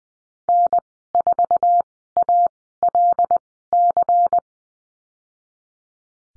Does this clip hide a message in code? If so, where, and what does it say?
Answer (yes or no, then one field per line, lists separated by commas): yes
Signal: Morse code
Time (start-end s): 0.5-4.4 s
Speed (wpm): 20 wpm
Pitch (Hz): 700 Hz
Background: none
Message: N4ALC